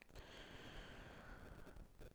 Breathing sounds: one breath near a microphone; inhalation

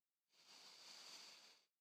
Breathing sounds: one breath near a microphone; inhalation

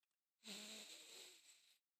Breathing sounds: one breath near a microphone; inhalation

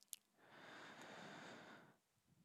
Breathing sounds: one breath near a microphone; inhalation

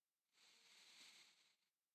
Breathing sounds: one breath near a microphone; inhalation

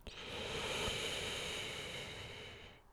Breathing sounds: one breath near a microphone; inhalation

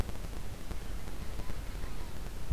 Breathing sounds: one breath near a microphone; inhalation

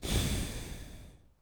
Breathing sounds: one breath near a microphone; exhalation

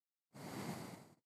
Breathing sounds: one breath near a microphone; exhalation

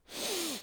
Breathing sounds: one breath near a microphone; inhalation

